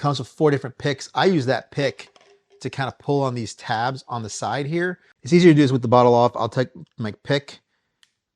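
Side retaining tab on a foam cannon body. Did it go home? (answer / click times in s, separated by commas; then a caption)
released / 8.0 s. A pick pulls up a small plastic side retaining tab on a foam cannon body, with the bottle off, to unlatch it. Someone talks for most of the clip, then a small, quiet click at 8.0 s marks the tab releasing.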